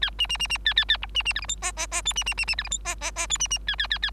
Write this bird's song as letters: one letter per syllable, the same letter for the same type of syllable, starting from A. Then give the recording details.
A B B B B A A A C B B D E F G G G H B B B B D E F G G G H B B A A A A. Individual Bird3